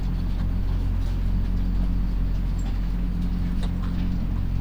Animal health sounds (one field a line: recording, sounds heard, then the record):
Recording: poultry house recording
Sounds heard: sick chickens (respiratory disease)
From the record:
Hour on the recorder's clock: 21